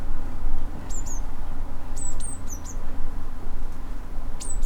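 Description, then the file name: Eurasian blue tit calls, high whistled notes that slur downward, some in pairs, repeated in small groups over a low steady rumble. "Cyanistes caeruleus"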